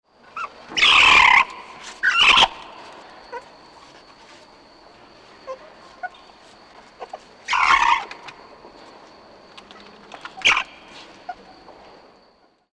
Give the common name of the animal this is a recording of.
Banded Mongoose